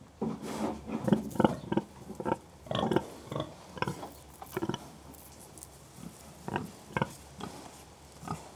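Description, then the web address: Pig grunts, a busy run of rapid, harsh grunts in close succession. Three pigs grunting occasionally; livestock. "BBC Sound Effects Library BBC Livestock Three Pigs Grunting Occasionally"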